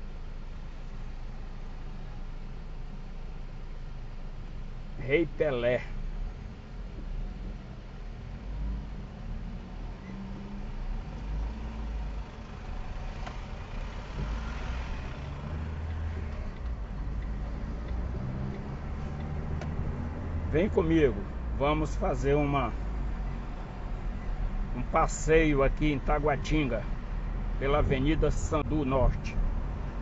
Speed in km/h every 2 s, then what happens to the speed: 0, 0, 0, 0, 3, 3, 11, 17, 26, 33, 32, 24, 23, 26, 30.
0-8 standing. 8-18 speeds up to 33. 18-24 slows to 23. 24-30 speeds up to 30.